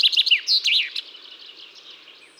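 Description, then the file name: Common chaffinch phrase fragment: a few quick, sharp, twisting high notes in under a second, then fading into soft background noise. "Fringilla coelebs"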